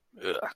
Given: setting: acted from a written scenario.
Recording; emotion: vocal sound without words; disgust